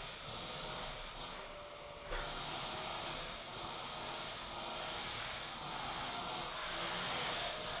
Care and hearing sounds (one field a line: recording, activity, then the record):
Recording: daily activity, microphone in the room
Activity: vacuum cleaning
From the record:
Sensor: 5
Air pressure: 1009.7 hPa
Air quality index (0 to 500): 167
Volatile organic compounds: 4 ppm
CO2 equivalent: 1619 ppm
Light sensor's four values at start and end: 109/286/117/125 and 109/286/117/125